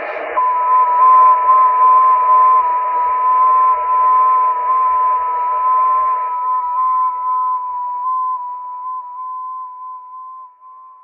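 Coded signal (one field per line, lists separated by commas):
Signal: FT8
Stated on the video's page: FT8 contacts on the 6 m band during a live stream.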